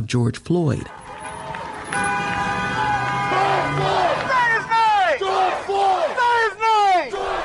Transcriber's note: protest sounds